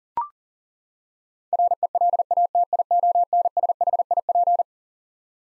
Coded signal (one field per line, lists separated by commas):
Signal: Morse code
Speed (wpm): 40 wpm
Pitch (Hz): 700 Hz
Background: none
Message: RELATIONSHIP